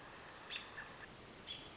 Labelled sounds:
American Robin
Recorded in Sonoma County, California

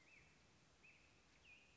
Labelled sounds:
Black-headed Grosbeak
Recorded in Sonoma County, California

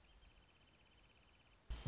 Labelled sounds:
Wrentit
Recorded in Sonoma County, California

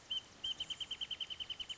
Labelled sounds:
Wrentit
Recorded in Sonoma County, California

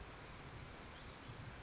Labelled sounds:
Blue-gray Gnatcatcher
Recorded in Sonoma County, California

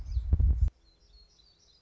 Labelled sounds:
Black-throated Gray Warbler
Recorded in Sonoma County, California

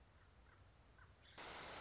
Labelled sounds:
Common Raven
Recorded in Sonoma County, California

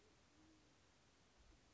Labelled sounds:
Band-tailed Pigeon
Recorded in Sonoma County, California

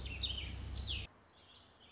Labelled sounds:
Warbling Vireo
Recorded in Sonoma County, California

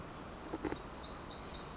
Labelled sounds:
Black-throated Gray Warbler
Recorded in Sonoma County, California

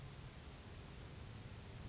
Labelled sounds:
California Towhee
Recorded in Sonoma County, California

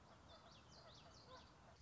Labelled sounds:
Common Yellowthroat
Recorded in Sonoma County, California

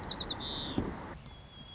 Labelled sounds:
White-crowned Sparrow
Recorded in Sonoma County, California

